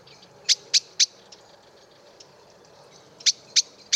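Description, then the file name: Eurasian blackbird giving sharp, clicking chink calls in two bursts of three, separated by a quiet gap of about two seconds, over a soft steady background hiss. "Turdus merula"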